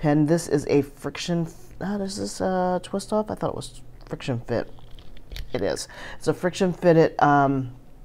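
Someone talks while handling a friction-fit cap and a brass-bodied fountain pen, with faint handling sounds under the voice. The cap is hard to get on and off, so it stays in place. Nothing has seated or clicked yet; the cap has not snapped on by the end.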